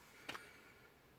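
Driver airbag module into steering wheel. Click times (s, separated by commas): 0.3 s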